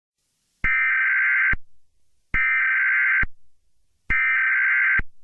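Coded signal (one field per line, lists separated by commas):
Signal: Emergency Alert System (SAME) tones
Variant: header bursts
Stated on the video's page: Fictional EAS scenario, not a real alert.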